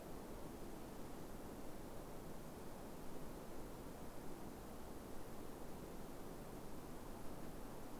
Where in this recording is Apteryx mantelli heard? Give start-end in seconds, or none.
none